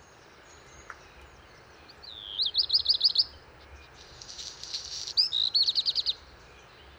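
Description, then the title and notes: Black redstart song, a whistled lead-in, rapid looping trill, a scratchy crackling section and a final quick series of high notes. Song from a bird perched atop a large lime tree, early morning, 19 March 2019, Val Maravel, Drôme, France; first of the season; scratchy 'crumpled' song; recorded with parabolic dish. "Val Maravel - Drôme. chant du Rouge-queue noir"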